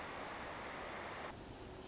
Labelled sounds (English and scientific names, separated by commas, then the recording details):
Nuttall's Woodpecker (Dryobates nuttallii)
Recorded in Sonoma County, California